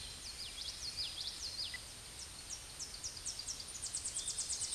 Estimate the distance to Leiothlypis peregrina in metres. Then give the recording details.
about 25 m. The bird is about 5 m above the microphone. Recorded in a Pennsylvania forest on 16 May 2024 at 07:24. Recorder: AudioMoth, point MSD-0665. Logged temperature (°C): 16.1 °C. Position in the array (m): 91 m, 79 m